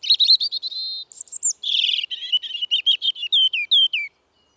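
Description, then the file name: European robin song, a fluid cascade of high whistled notes, sweet sustained tones mixed with quick trills and falling slurs, continuous for about four seconds. "Erithacus rubecula"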